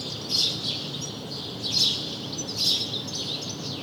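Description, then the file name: House sparrow chirps, three short bright notes spaced about a second apart over a steady hiss of background noise. "Passer domesticus"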